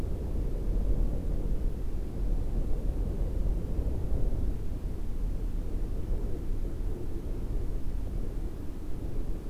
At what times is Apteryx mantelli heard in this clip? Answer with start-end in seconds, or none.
none